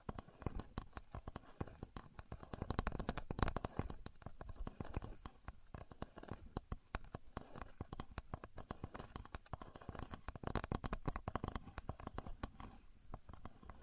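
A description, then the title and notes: A contour gauge being handled and pressed, its many pins making a dense, continuous run of small clicks and scratchy rattles. The activity swells around the third and fourth seconds and again near the tenth, with brief quieter pauses between. No voices are heard. Using A Contour Gauge (No Talking).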